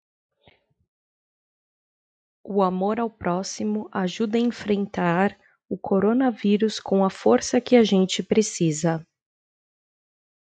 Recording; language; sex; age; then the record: spoken sentence; Brazilian Portuguese; female; 30 to 39 years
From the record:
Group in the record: control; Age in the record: 33 years